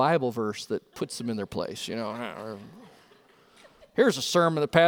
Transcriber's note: laughter!